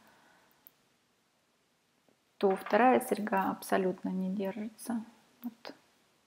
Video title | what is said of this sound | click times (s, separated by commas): Покупки с AliExpress и GearBest, китайский товар. | очень даже крепко крепится вот щелчок слышим | 0.7 s